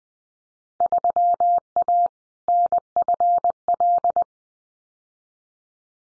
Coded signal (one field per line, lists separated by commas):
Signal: Morse code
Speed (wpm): 19 wpm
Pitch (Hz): 700 Hz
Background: none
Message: 3A NFL